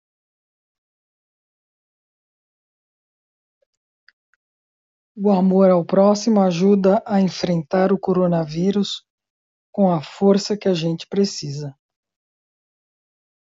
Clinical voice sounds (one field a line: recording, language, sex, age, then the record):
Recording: spoken sentence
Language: Brazilian Portuguese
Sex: female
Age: 50 to 59 years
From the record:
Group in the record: control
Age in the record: 56 years